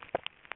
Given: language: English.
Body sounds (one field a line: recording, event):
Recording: throat vibration sensor signal played as sound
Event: swallow